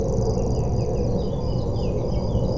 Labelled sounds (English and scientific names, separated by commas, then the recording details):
Eurasian Blackcap (Sylvia atricapilla)
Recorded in Germany
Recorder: ecoPi